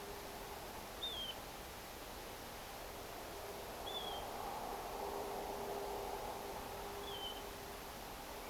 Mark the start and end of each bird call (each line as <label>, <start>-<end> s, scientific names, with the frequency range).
Pluvialis apricaria (2.9-3.8 kHz), 1.02-1.32 s
Pluvialis apricaria (3.0-3.7 kHz), 3.86-4.19 s
Pluvialis apricaria (2.8-3.6 kHz), 7.03-7.39 s